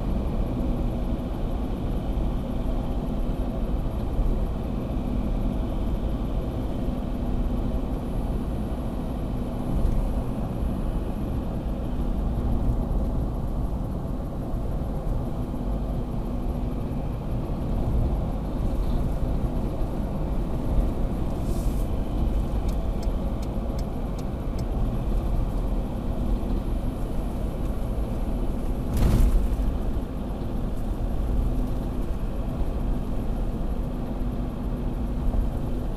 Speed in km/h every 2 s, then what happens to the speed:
66, 66, 66, 66, 67, 65, 64, 63, 62, 63, 63, 64, 65, 65, 65, 63, 63, 64.
0-36 steady at about 64.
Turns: none.